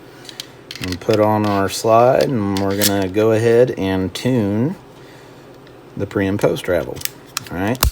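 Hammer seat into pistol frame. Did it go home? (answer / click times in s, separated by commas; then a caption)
yes / 0.3 s, 0.4 s. A hammer seat is pressed back into the polymer frame of a Ruger LCP pistol during a Peacemaker trigger install, snapping into place with two sharp clicks at 0.3 s and 0.4 s. Someone then talks for the rest of the clip, and the hammer seat is seated.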